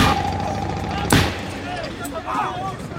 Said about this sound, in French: Le jeune homme vient de bondir et de tirer deux balles à l'arrière de la limousine. Les vitres se lézardent.